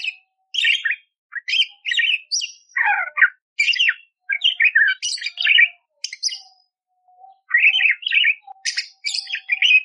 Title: Masteran Burung Parkit Gacor Jernih Isian Tembakan Kasar Cocok Buat Kacer